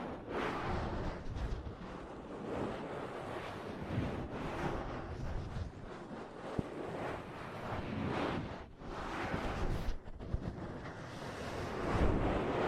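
Ear massage and cupping sounds form a dense, continuous rushing rumble that swells and eases in slow waves, heavy in the low end. A single sharp tap lands around the middle, and the rush briefly thins twice near the end.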